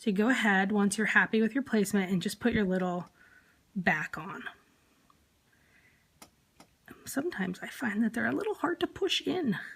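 A plastic backing is placed over the shank of a safety eye in a crocheted toy and lined up before being pushed home, since these backings can be hard to push in. Someone talks while only a few faint ticks are heard. Nothing has seated or clicked yet.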